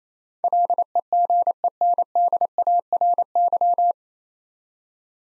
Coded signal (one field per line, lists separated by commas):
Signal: Morse code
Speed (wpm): 28 wpm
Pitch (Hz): 700 Hz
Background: none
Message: LEGENDARY